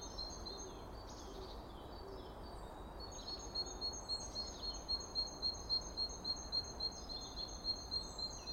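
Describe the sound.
Bird song: a few varied high sweeping notes, then a long even run of quick high chirps over continuous hiss.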